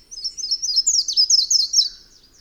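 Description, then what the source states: Bird song: a rapid series of high, sharp chirped notes running for about two seconds, then fading into quiet background. Birds recorded in Costa Rican cloud forest; song and calls.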